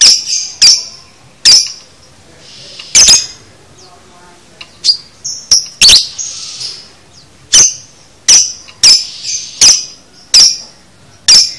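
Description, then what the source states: Lovebird chirps: strident, high clicking notes at irregular intervals, with brief softer twittering between them. Training recording (masteran) of a lovebird in the konslet style, used to teach lovebirds to chatter.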